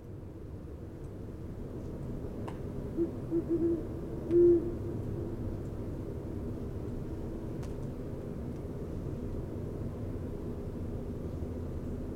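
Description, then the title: Great horned owl giving a short series of soft, deep hoots in the middle, over steady low background hiss and a few faint clicks. Calling over an hour near west Dyke Marsh, about 2:20am, 16 February 2016; just above freezing, snow and ice falling from branches; Fostex FR-2, Sennheiser ME 62, Telinga parabola; amplified, high-pass filtered. "mid-Febraury calling of Great Horned Owl"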